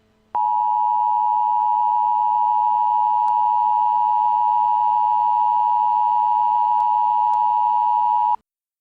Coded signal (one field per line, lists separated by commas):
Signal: Emergency Alert System (SAME) tones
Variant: 853 and 960 Hz attention tone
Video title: Emergency Broadcast System: Cobalt Virus (2-5-2037)